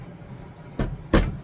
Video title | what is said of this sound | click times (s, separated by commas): Yaheetech Pantry Cabinet from Wayfair! An Assembly & Review. | all my pieces here and then it's going to snap right into place | 1.1 s